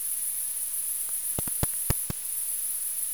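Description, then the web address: Bat echolocation clicks through a detector: five sharp, dry clicks in an uneven burst lasting under a second, over a steady high-pitched hiss. Recorded with a Batexplorer bat detector on 21 August 2018. "Bat Explorer recordings 21-08-2018"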